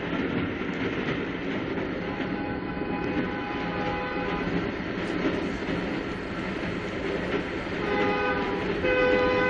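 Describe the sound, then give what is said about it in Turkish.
A train rumbles steadily along with a dense, continuous roar, while a sustained whistle tone rides over the noise, with a new lower tone sounding near the end. “Eski lokomotiflerin düdüğüne bayılırdım. Şimdikilerde o tat yok.”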